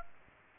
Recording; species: mosquito wingbeat signal from an infrared sensor; Aedes aegypti